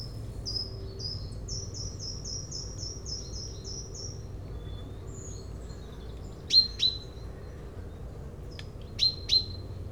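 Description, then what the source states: Common Chaffinch calls, sharp bright notes given in pairs, with a series of thin high notes early on over a low steady rumble. Recorded with a Dodotronic stereo parabolic microphone and Zoom H4n Pro, aimed at a chaffinch on a hedgerow island among tall maize fields in Yenne, France.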